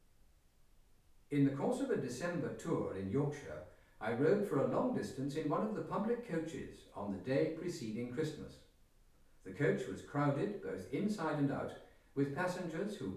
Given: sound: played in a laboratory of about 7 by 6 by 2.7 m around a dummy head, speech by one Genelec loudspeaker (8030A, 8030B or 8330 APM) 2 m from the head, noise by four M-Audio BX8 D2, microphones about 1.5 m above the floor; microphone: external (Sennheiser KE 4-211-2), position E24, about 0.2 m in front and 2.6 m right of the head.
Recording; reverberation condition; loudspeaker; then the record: male speech in English; medium; 60 degrees to the left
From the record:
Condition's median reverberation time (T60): about 510 ms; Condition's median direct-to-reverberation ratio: about -0.5 dB